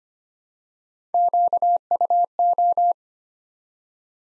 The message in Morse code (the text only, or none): QUO